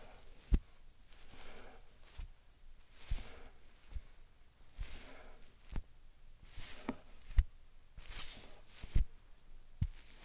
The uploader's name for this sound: Slime Sand Triggers